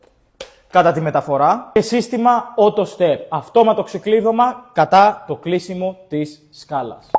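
A transport clip on a Telesteps Combi folding aluminium ladder is fastened to lock the ladder's front and rear sections together for carrying. A sharp mechanical clack is heard at 0.4 s as the clip seats, then someone talks.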